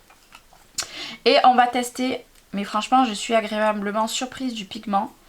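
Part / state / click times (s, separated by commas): marker cap/valve in marker body / not seated / none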